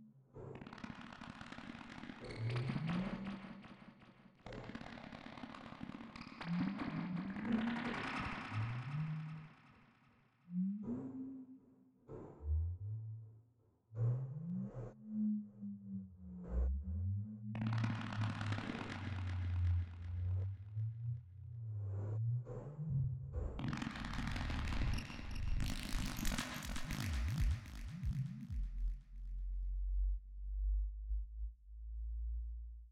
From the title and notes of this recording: Dark ambience. Some alienish sound loop.